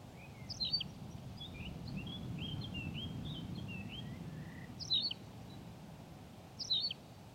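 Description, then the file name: Tawny pipit singing a sharp chirped phrase three times at uneven intervals, with softer twittering notes between and a low rumble. "Pipit rousseline Anthus campestris"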